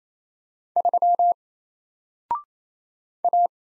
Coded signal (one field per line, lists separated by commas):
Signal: Morse code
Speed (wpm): 27 wpm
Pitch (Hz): 700 Hz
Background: none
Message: 3 A